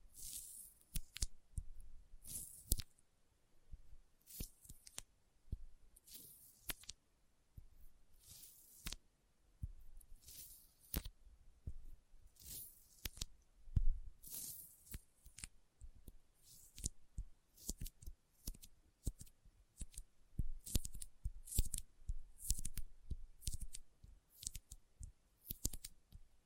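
Sticky finger sounds: a stream of short, wet smacks and peeling clicks as fingers pull apart. The bursts come irregularly, one to several per second for the whole stretch, each crisp and bright with a soft low thud underneath, with near-silence between.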